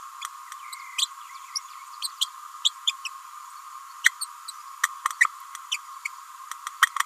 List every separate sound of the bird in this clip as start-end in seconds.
0.98-1.08, 1.55-1.59, 2.02-2.10, 2.21-2.27, 2.64-2.71, 2.87-2.94, 3.04-3.08, 4.04-4.11, 4.21-4.26, 4.48-4.51, 5.20-5.26, 5.71-5.78